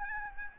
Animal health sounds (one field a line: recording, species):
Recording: mosquito wingbeat signal from an infrared sensor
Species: Aedes albopictus